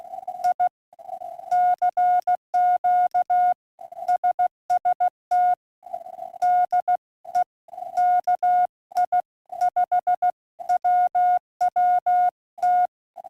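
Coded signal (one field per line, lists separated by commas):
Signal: Morse code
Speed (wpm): 15 wpm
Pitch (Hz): 2900 Hz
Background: none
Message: I CQ SST DE KI5WWT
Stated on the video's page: Slow speed Morse test transmission.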